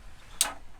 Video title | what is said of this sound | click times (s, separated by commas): RV TOUR: 2017 Vanleigh Vilano [Floorplan] | then locks in place but | 0.4 s